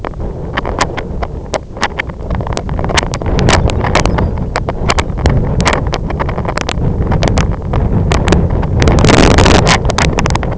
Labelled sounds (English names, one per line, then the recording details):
Lapland Longspur
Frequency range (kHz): Lapland Longspur 2.6-5.5 kHz
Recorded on Arctic tundra, site IGLO-F, on 25 June 2018
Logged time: 14:00